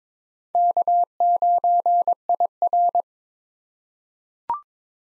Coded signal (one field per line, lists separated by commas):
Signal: Morse code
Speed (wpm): 22 wpm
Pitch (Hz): 700 Hz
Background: none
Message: K9IR